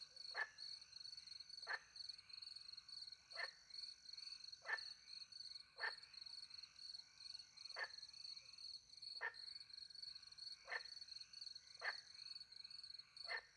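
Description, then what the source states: Brief clicking frog calls spaced a second or so apart, over a constant high-pitched cricket chorus. Frogs with crickets, countryside by night near a little pond, France; microphones hidden in a tree close to the pond; two Usi pro microphones into a Mixpre 10 II recorder.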